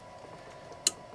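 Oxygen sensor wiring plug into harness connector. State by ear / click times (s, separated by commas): seated / 0.9 s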